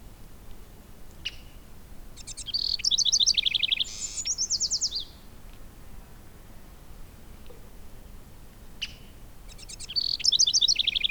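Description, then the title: Bird calls: two high, rapid bursts of chirps and short trills in the first half, with a similar burst returning near the end, over quiet background. "neoscenes: birds"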